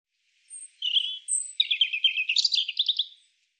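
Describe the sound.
European robin song phrase opening with high, drawn-out thin whistles, then tumbling into a fast, rattling series of liquid notes that rises in pitch before ending.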